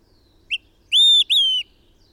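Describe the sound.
Bird song: a single short note and then two sustained high whistles, the second dropping slightly in pitch, over faint background noise.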